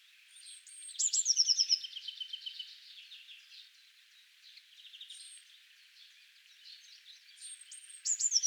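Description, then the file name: Eurasian blue tit song: a thin high note slipping into a fast descending trill, then softer twittering, and another high note and trill at the end. "Cyanistes caeruleus"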